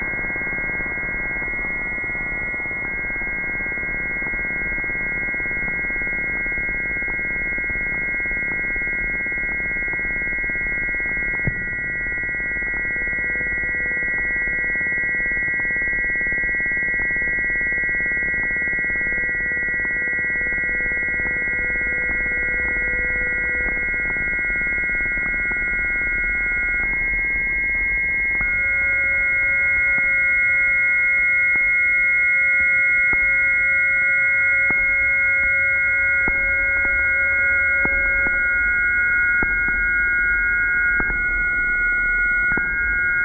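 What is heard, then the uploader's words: Electromagnetic frequencies hum as steady whining tones over low buzzing static, with a brief click near twelve seconds and a new tone entering around twenty-eight. This time scavenging sounds from various sources in the small apartment I live in. The EMF flutters, whistles, tones and crackling like the cryptic calls and cries of insects, birds and animals in an environment. This time I’ve used a different EMF detector, one built by Sorte Muld Instruments. Built with fragments of recordings made in the past few days of this third month of a COVID lockdown here in Sydney Australia.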